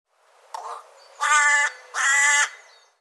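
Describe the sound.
Bird calling with a soft short note, then two loud, nasal, harmonic squawks in quick succession.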